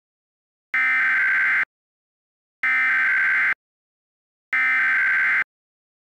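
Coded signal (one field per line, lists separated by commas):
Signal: Emergency Alert System (SAME) tones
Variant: header bursts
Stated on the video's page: Fictional EAS scenario, not a real alert.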